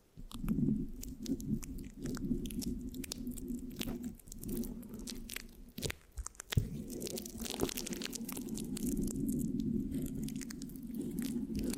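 Mic scratching fills nearly all twelve seconds: a dense, steady scraping rumble with a low droning body, broken by quick sticky clicks and crackles that flick up bright. A brief dip near six seconds interrupts it before the rough, crunchy scratching resumes without talking.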